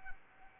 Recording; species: mosquito wingbeat signal from an infrared sensor; Anopheles arabiensis